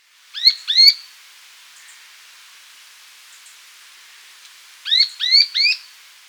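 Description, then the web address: Rufous spinetail calling with quick rising whistled notes, a pair and then a run of three, separated by a few quiet seconds. Ecuador. "Birds of Ecuador 2. Rufous Spinetail"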